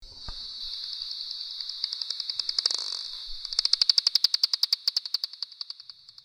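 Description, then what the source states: Bat echolocation calls, slowed down: a steady run of faint short pulses over a soft hiss, then a louder train of pulses that fades out. Echolocation calls slowed down by a factor of 10; recorded during bat monitoring in Glen Canyon Recreation Area, Utah.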